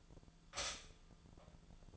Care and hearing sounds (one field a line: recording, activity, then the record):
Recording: daily activity, microphone in the room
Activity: stop toaster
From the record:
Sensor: 5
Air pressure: 1009.4 hPa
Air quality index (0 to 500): 168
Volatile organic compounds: 4 ppm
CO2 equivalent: 1630 ppm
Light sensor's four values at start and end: 79/214/86/88 and 78/210/84/86